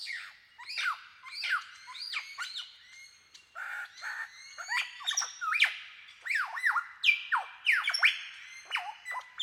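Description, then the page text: Superb lyrebird song of dense, varied slurred whistles and squeaks, tumbling in quick irregular succession with bright high overtones throughout. "Большая птица-лира - Superb Lyrebird (Menura novaehollandiae)"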